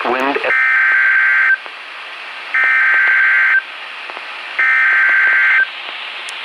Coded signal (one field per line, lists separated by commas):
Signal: Emergency Alert System (SAME) tones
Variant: header bursts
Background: speech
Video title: EAS alerts from 8/14/25 - 8/25/25 (EAS #61-70)